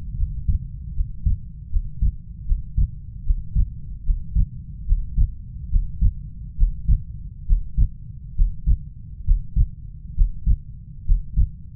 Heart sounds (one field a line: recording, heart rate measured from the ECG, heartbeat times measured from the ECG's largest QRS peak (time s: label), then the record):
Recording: heart sounds by stethoscope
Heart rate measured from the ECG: 72 bpm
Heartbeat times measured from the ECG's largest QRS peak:
0.16 s: heartbeat
0.93 s: heartbeat
1.69 s: heartbeat
2.45 s: heartbeat
3.23 s: heartbeat
4.03 s: heartbeat
4.85 s: heartbeat
5.69 s: heartbeat
6.56 s: heartbeat
7.45 s: heartbeat
8.34 s: heartbeat
9.24 s: heartbeat
10.14 s: heartbeat
11.05 s: heartbeat
From the record:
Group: healthy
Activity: breath hold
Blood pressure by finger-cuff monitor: 91/72 mmHg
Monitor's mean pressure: 78 mmHg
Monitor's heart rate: 68 bpm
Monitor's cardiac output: 4.6 L/min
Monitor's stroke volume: 67 mL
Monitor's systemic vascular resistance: 1230 dyn s/cm5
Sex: male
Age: 20 years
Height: 187 cm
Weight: 68.9 kg